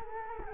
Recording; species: mosquito wingbeat signal from an infrared sensor; Culex quinquefasciatus